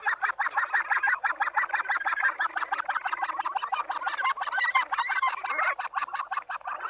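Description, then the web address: Australasian gannet calls: fast, rough, cackling pulses run together steadily, with some higher, squealing notes near the end. "australasian-gannet takapu"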